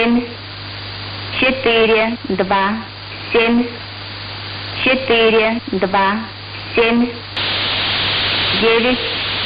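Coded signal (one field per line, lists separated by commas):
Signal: numbers station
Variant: S06s Russian Lady, Russian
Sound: female voice reading short evenly spaced words over radio hiss and low hum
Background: radio static, hum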